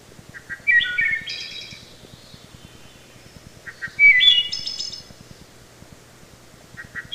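Wood thrush song: two full phrases of quiet introductory notes leading into liquid fluted whistles and a shimmering high trill, with a third phrase beginning at the end.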